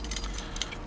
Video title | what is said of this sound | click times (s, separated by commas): How To Re-Key Brava EL6011 Dual Key Lever Lock | if it'll let me there we go it's a good solid click so we know we're in and test | 0.6 s